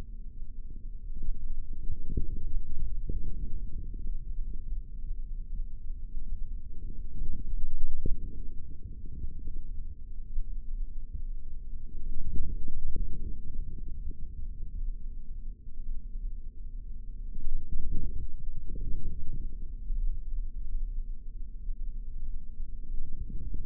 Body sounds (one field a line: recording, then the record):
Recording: forearm muscle sounds (acoustic myography)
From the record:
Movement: forearm supination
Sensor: system 3, bracelet of six PUI Audio POM-2738L microphones around the upper forearm, with dedicated amplification and filtering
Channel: 2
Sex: male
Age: 25 years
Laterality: right